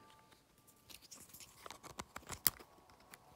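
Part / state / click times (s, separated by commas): microSD adapter into handheld console game card slot / seated / 2.5 s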